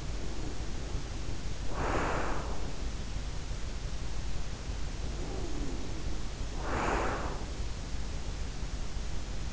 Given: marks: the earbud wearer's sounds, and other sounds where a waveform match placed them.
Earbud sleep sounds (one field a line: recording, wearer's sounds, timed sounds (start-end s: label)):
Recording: sounds in sleep by an in-ear microphone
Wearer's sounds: breath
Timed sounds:
0.00-3.09 s: breath
5.00-7.89 s: breath